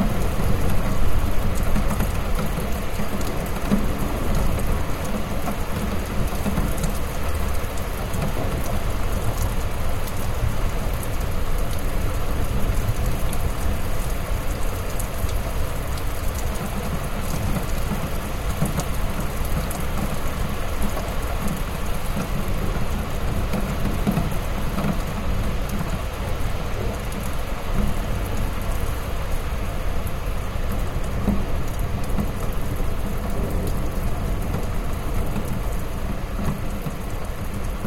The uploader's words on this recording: Stormy city soundscape. In addition to the sound of rain and muffled thunder in the background, you can hear the rain hitting the plastic canopy of the building and the ambient sounds of the street. Rain storm sounds.